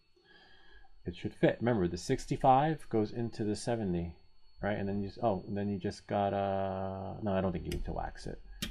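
Someone talks while handling a 3D-printed plastic toy piece, the 65 size, that is meant to push into its mating printed 70 part. Only speech is heard, and nothing has seated or clicked yet by the end of the clip.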